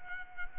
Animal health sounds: mosquito wingbeat signal from an infrared sensor; Culex quinquefasciatus

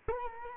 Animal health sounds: mosquito wingbeat signal from an infrared sensor; Culex quinquefasciatus

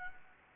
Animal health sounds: mosquito wingbeat signal from an infrared sensor; Anopheles gambiae

